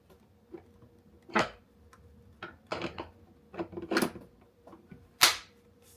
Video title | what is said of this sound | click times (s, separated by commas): Ninja Cold Press Juicer Unboxing & First Impressions – Is It Worth It? | You hear that click? | 5.2 s